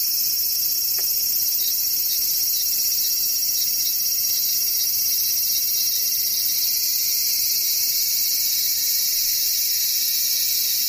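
Cicadas drone in a dense, steady, high-pitched wall of buzzing that holds unchanged for the whole stretch, with bands of shrill tone layered high up. A faint brief click sounds near the first second, and the low end stays quiet.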